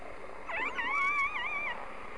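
Whale giving one wavering, tonal call with rising and falling harmonic sweeps, lasting about a second, against a quiet low background.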